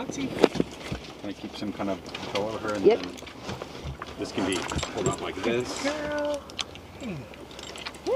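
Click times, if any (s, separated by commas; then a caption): 7.8 s, 8.1 s. A seat belt tongue is fastened into a helicopter seat buckle in the cabin during a cold load with a search dog, while someone talks throughout. The belt latches with two clicks at 7.8 s and 8.1 s, and the buckle is seated.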